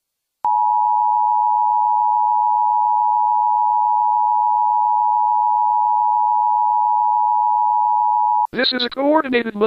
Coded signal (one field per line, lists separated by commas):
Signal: Emergency Alert System (SAME) tones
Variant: 853 and 960 Hz attention tone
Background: speech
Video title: New emergency alert system for the adults transition program and mocking